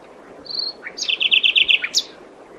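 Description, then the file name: Common nightingale song phrase: a thin whistle, then a fast rattling series of several loud repeated notes, closing with a high sharp note. "Luscinia megarhynchos"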